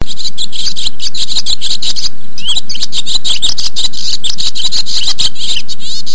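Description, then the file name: Swallow twittering: rapid, continuous chattering chirps and warbled trills over loud low background noise. "hirondelle"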